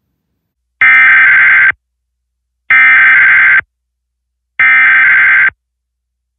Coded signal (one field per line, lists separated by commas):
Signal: Emergency Alert System (SAME) tones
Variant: header bursts